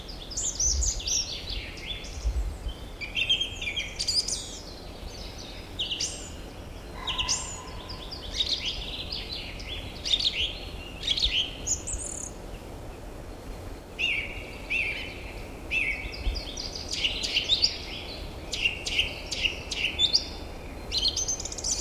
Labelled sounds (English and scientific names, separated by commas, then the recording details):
Song Thrush (Turdus philomelos) song
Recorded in the wild
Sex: male
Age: adult
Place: Marloffstein, NSG "Wildnis am Rathsberg", Bayern, DE
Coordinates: 49.6169, 11.0175
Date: 1962-04-10
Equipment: Stellavox SM 4a ohne Vorverstärker
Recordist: Tretzel, Erwin